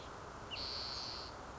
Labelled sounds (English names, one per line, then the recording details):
Spotted Towhee
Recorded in Sonoma County, California